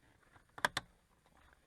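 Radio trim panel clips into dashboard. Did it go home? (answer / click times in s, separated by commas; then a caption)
yes / 0.6 s, 0.8 s. Pressing on the plastic dash trim around the radio of a Toyota RAV4 Prime snaps the trim panel's clips into the dashboard, with two sharp broadband clicks at 0.6 s and 0.8 s against quiet background noise. The trim panel clips seat home.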